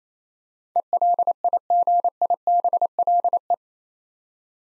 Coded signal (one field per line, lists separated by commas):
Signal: Morse code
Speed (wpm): 28 wpm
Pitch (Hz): 700 Hz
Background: none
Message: ELIGIBLE